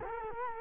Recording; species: mosquito wingbeat signal from an infrared sensor; Culex quinquefasciatus